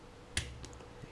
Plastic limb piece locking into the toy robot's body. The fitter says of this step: push it until you hit a small soft click sound you